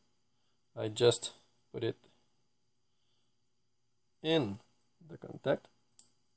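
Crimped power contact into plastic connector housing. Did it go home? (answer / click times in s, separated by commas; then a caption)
yes / 6.0 s. A metal contact crimped onto a 10 gauge wire is pushed into a plastic Anderson PP30 power connector housing while someone talks. A short, sharp click at 6.0 s marks the contact latching and seating in the housing.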